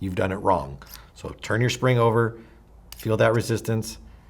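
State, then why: Not seated. A directional spring is turned over and pushed onto the end of a Delrin bolt for a Violent Series Axe/Mini/Mini GS paintball marker, meeting resistance as it goes over the top. Someone talks throughout, with only faint handling noise beneath the voice. The spring has not yet snapped into place; nothing has seated or clicked yet.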